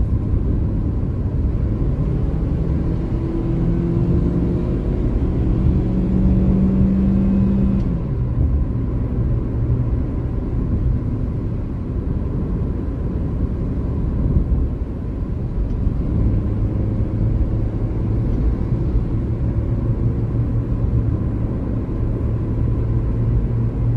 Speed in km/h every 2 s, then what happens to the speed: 76, 85, 93, 97, 85, 76, 73, 77, 80, 85, 88, 93.
0-5 speeds up to 97. 5-12 slows to 73. 12-24 speeds up to 93.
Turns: none.